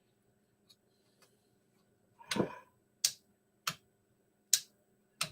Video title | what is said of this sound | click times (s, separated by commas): 3D Stuff... What Can I Screw Up? | yeah you can hear the click | 3.1 s, 4.5 s